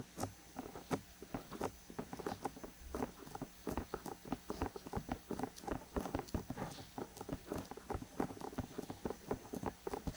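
An ear massage with oil and lotion gives dense, rapid squelching and tapping strokes, bright and irregular, continuing without pause over a faint steady hiss.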